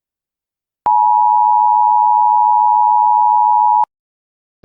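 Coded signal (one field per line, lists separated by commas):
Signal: Emergency Alert System (SAME) tones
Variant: 853 and 960 Hz attention tone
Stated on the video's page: Fictional EAS scenario, analog horror.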